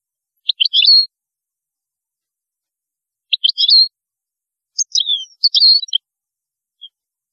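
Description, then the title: European goldfinch song: short clusters of high, tinkling chirps, two quick bursts followed by a longer twittering phrase with a brief trailing note. "Chant Chardonneret"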